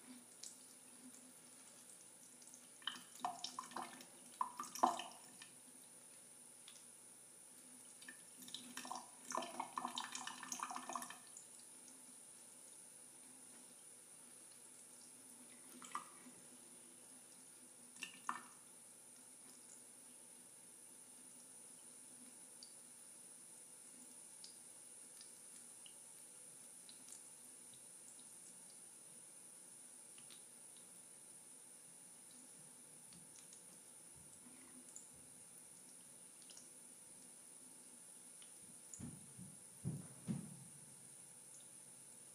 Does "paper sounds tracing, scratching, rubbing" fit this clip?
no